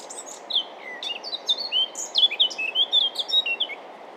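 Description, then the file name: Eurasian blackcap singing a fast, rambling warble of clear whistles and scratchy notes, with soft background hiss. "Sylvia atricapilla"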